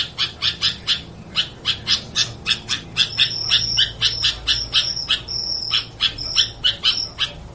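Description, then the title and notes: Sooty-headed bulbul giving quick repeated sharp chirps, while a thin, level high whistle joins in the middle seconds. Described as gacor, a term for a bird that sings constantly. "kutilang gacor"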